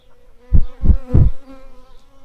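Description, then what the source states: Shrill carder bee buzzing in three short loud bursts of low droning with a faint steady hum between them. Worker bees.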